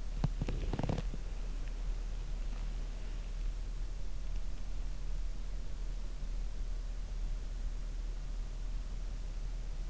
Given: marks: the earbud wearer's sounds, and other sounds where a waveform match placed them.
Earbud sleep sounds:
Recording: sounds in sleep by an in-ear microphone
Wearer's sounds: teeth grinding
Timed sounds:
0.00-1.36 s: teeth grinding

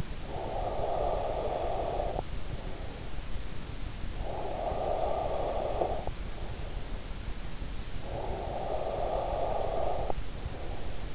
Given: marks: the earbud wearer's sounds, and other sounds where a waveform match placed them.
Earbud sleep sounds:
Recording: sounds in sleep by an in-ear microphone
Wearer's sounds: snoring breath, breath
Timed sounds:
0.00-3.22 s: snoring breath
4.06-6.60 s: snoring breath
7.73-11.15 s: breath

